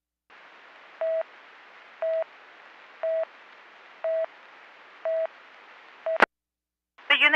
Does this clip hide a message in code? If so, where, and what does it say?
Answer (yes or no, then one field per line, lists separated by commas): no